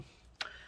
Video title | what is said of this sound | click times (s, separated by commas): MSI G Series GS60 2QD Disassembly SSD Hard Drive Upgrade Repair Battery Fan Power Button Replacement | so those all got snapped in place we're good to go let me see these | 0.4 s